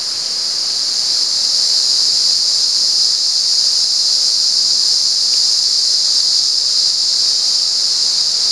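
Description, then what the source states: Cicada call: a continuous shrill hiss at a constant high pitch, swelling a little in the opening second and then holding even and unbroken to the end. At San Ramon.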